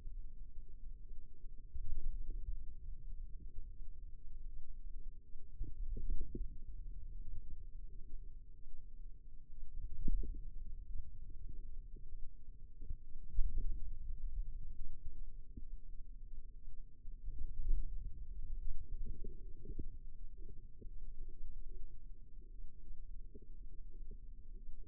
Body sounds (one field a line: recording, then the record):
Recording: forearm muscle sounds (acoustic myography)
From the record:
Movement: inward rotation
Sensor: system 2, bracelet of six BSWA MPA416 microphones around the upper forearm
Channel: 3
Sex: female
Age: 22 years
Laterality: right